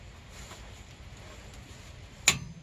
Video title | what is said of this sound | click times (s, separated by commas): F150/F-150 Differential Fluid Change - Includes Limited Slip | hear that click right | 2.3 s